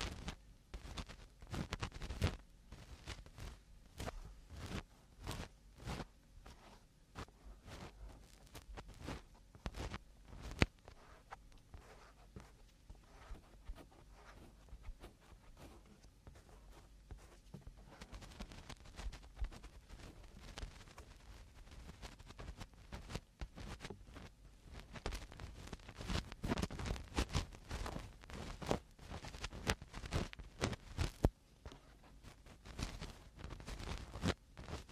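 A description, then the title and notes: Eardrum cleaning, heard as a dense, irregular run of scratchy clicks and crackles that never lets up, over a low, muffled rumble. The crackling grows thicker around 25 to 30 seconds, and a few sharper pops stand out, one near 11 seconds. Eardrum Cleaning (No Talking).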